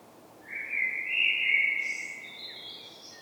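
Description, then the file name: Common blackbird delivering a single phrase that starts as a rich, smooth whistle and breaks into a thin, squeaky high twitter at the end. "Turdus merula"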